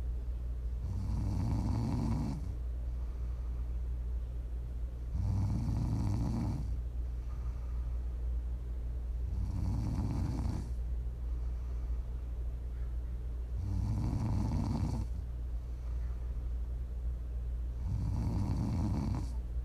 Prime ASMR snoring.